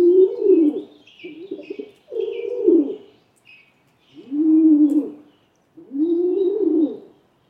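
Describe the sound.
Rock pigeon's low warbling coos with broken stuttering notes, ending in two long arched coos, with light high chirping from other birds.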